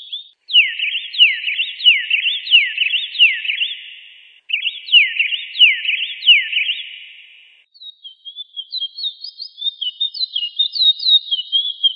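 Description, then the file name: Bird song of quick, clear whistled notes, each sliding down then up, repeated about one and a half per second in two bursts, then higher thinner whistles after a pause. "Passaros"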